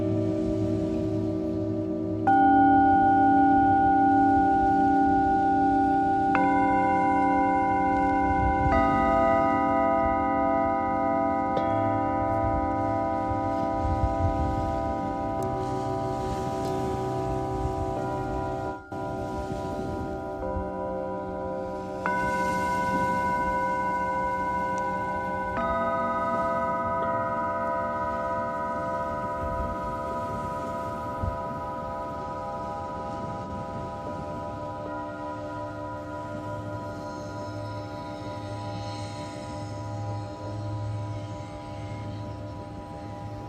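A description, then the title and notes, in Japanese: Singing bowls are struck every few seconds, their long overlapping tones layering into a steady, shimmering drone with a low hum beneath. 秋分メキシコから シンギングボウルのサウンドヒーリング。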